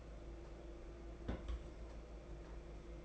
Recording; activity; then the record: daily activity, microphone in the room; place on stove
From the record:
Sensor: 5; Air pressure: 992.1 hPa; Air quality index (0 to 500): 211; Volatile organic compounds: 1000 ppm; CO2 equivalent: 6114 ppm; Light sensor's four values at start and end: 6/15/6/6 and 6/14/6/6